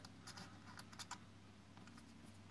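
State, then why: Not seated. The rebuildable deck of a Coppervape Squape R clone vape tank, its O-rings lubed with e-liquid, is handled as it is pushed toward the tank base. Light scratchy handling taps are heard around 0.1, 0.8 and 1.1 s over a low steady hum. Nothing has seated or clicked yet.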